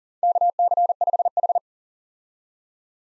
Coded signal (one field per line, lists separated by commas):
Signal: Morse code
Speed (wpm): 38 wpm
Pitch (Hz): 700 Hz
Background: none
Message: KC5H